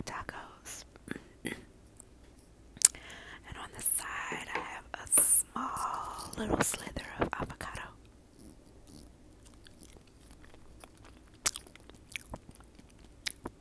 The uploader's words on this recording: ASMR Hard Tacos relax and eat with me while I eat.